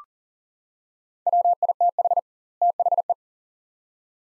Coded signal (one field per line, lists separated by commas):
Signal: Morse code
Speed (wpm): 37 wpm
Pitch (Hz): 700 Hz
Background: none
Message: WITH THE